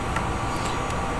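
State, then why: Seated. A replacement black print head cartridge for an HP Smart Tank 615 series printer is pressed downward into the printer carriage. One short click sounds at 0.2 s over steady background noise, and someone talks. The cartridge latch locks home and the cartridge is seated.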